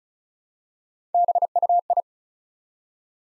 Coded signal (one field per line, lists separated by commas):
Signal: Morse code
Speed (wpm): 36 wpm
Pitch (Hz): 700 Hz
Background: none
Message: BUI